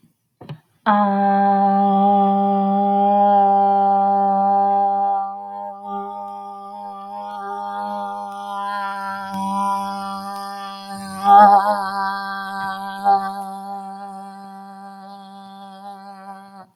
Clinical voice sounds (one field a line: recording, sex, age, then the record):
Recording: vowel held as long as possible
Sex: female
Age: 20 to 29 years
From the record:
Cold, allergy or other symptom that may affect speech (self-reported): no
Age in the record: 26 years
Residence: Illinois, United States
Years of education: 18